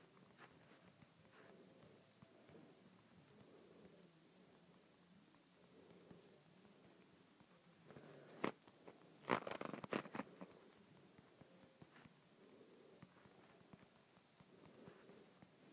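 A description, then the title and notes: A handle is twisted and turned, giving a soft, continuous scraping and rubbing with small ticks and clicks throughout. Around the eight to ten second mark a few sharper, louder clacks stand out before the motion settles back into quieter grinding. ASMR Twisting and Turning a Handle.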